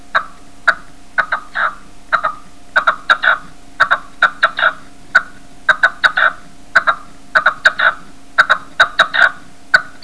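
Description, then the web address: Partridge clucking calls, short sharp notes given in quick irregular bursts throughout, with a steady low hum underneath. Recorded in the municipality of Viveros. "municipios Viveros perdiz"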